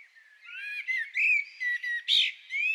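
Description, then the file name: Common blackbird whistling a series of smooth, mellow fluted notes, broken by one brighter, strained high note near the end. "Turdus merula"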